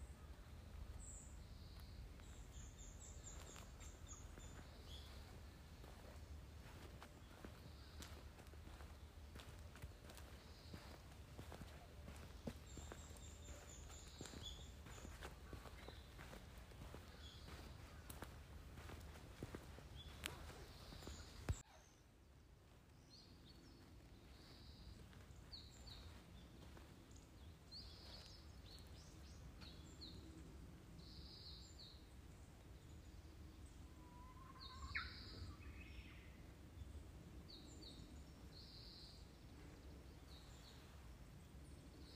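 Birds call in the woods while someone walks, footsteps crunching steadily through the first twenty seconds. A sharp knock then cuts the walking short, leaving a quieter, still scene where high chirps and a few short whistles come and go against low background rumble.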